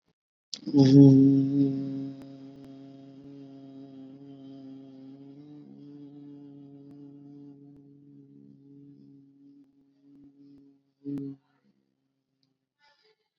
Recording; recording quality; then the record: sustained vowel as in boot; excellent, no background noise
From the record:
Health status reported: COVID-19 positive, mild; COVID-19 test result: positive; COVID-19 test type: rapid antigen test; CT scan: not taken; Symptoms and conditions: cough, fever, muscle pain, diarrhoea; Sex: male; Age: 27 years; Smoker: no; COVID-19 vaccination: none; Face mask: not worn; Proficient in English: yes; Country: India